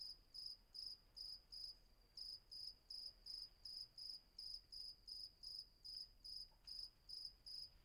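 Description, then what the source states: Cricket chirping: high, pulsed bursts repeated evenly, two to three a second, with a faint sustained tone between them. Night atmosphere at Vagia, Patmos, Greece; recorded with Fostex FR-2 and MKH800.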